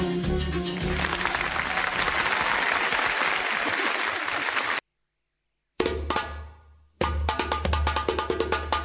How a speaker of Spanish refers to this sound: Que aplauden y todo